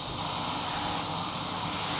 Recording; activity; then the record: daily activity, microphone in the room; vacuum cleaning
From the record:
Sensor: 1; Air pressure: 995.3 hPa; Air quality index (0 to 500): 25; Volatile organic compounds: 1 ppm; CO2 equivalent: 508 ppm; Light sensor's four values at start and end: 16/56/20/22 and 14/49/18/19